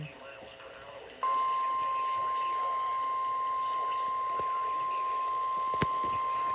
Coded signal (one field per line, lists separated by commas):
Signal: Emergency Alert System (SAME) tones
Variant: 1050 Hz attention tone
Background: speech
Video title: EAS Alerts From June 27 2026 EAS 807-809